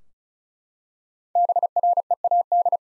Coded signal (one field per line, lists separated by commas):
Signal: Morse code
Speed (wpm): 36 wpm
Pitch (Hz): 700 Hz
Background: none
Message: BREAD